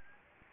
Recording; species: mosquito wingbeat signal from an infrared sensor; Anopheles gambiae